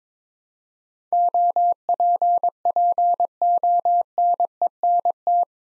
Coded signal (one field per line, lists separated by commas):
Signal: Morse code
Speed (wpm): 22 wpm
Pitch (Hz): 700 Hz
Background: none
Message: OPPONENT